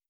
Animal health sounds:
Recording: hydrophone in a shrimp aquaculture tank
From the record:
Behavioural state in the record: stressed

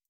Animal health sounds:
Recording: hydrophone in a shrimp aquaculture tank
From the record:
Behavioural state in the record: stressed

